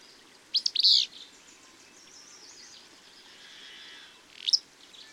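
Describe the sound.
Bird chirps: a loud, high double chirp early on, a softer high note near the end, and faint twittering in between.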